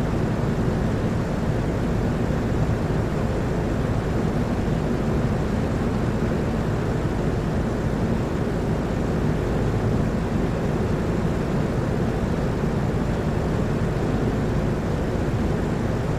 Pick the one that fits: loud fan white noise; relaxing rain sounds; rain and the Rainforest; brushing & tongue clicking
loud fan white noise